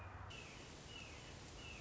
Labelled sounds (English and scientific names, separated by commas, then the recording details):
Red-shouldered Hawk (Buteo lineatus)
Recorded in Sonoma County, California